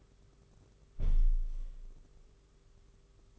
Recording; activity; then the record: daily activity, microphone in the room; close window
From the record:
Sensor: 4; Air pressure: 991.2 hPa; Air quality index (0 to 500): 154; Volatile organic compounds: 108 ppm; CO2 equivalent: 3804 ppm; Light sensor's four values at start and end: 6/14/5/6 and 6/14/5/6